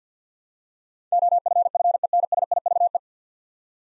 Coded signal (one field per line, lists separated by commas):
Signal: Morse code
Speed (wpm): 50 wpm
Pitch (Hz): 700 Hz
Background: none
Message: OFFENSIVE